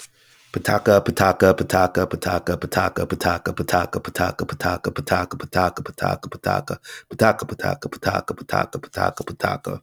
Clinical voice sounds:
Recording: repeated syllables /pa ta ka/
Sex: male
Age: 30 to 39 years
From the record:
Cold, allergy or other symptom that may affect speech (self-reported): no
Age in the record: 35 years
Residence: Ohio, United States

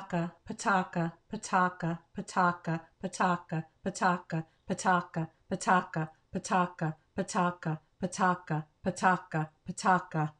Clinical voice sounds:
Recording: repeated syllables /pa ta ka/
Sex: female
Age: 50 to 59 years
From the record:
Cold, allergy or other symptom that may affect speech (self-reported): no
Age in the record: 55 years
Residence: Georgia, United States

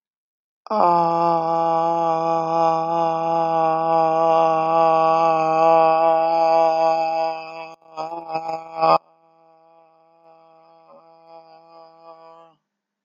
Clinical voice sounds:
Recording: vowel held as long as possible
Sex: female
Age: 30 to 39 years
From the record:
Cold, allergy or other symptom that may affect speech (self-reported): no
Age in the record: 38 years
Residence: Nebraska, United States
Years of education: 14

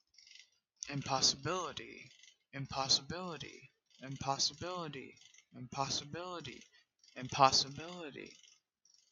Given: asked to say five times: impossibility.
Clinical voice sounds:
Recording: repeated word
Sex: male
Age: 20 to 29 years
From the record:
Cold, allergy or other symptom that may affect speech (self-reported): yes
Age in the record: 27 years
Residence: California, United States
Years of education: 17

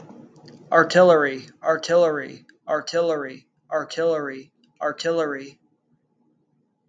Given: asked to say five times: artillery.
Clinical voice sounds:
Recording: repeated word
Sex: male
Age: 20 to 29 years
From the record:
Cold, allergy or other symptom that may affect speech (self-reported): no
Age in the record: 29 years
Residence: California, United States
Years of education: 15

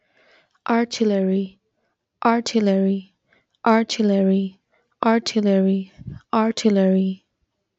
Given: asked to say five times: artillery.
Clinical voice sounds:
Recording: repeated word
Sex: female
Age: 20 to 29 years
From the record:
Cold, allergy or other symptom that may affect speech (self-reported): no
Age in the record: 26 years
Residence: Pakistan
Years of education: 16

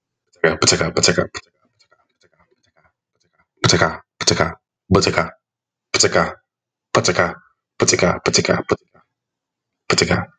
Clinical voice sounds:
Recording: repeated syllables /pa ta ka/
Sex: male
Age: 20 to 29 years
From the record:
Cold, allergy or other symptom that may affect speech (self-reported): no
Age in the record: 21 years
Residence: Kansas, United States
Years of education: 14

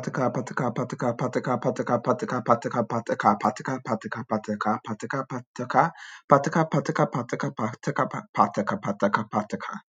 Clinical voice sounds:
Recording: repeated syllables /pa ta ka/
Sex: male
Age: 30 to 39 years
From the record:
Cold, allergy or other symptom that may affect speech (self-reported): no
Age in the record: 31 years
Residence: New York, United States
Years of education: 16

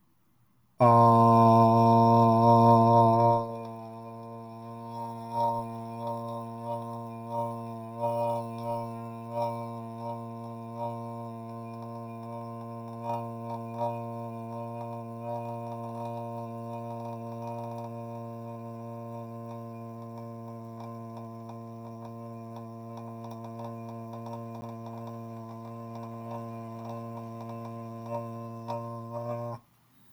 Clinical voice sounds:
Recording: vowel held as long as possible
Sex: male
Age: 20 to 29 years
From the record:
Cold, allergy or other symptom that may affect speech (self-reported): no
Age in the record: 27 years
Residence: Washington, United States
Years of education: 20

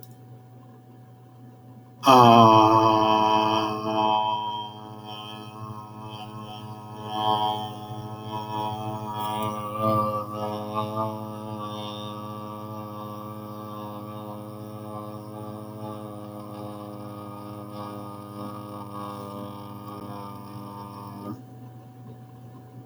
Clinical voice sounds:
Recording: vowel held as long as possible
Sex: male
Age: 20 to 29 years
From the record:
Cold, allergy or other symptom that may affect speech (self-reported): no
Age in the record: 28 years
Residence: Washington, United States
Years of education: 15

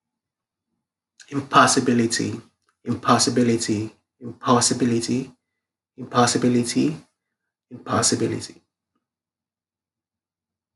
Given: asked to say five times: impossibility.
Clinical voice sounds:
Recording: repeated word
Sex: male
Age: 30 to 39 years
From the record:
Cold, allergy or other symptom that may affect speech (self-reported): no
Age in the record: 35 years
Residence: Virginia, United States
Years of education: 18

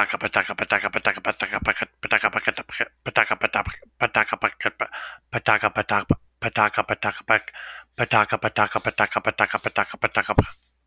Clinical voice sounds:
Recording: repeated syllables /pa ta ka/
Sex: male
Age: 30 to 39 years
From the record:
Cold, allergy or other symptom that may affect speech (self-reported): no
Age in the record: 32 years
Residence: North Carolina, United States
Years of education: 16

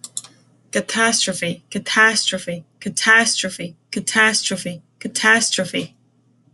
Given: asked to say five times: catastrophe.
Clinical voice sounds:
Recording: repeated word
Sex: female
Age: 40 to 49 years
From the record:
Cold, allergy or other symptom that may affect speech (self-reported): no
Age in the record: 41 years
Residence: Florida, United States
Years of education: 16

